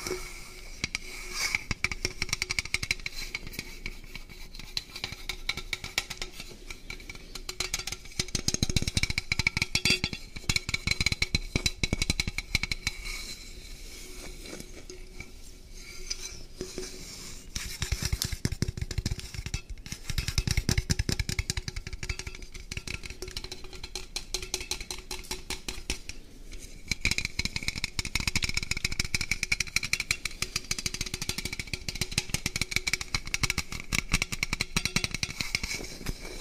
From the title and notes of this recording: Mukbang ASMR Food Döner & Coca Cola.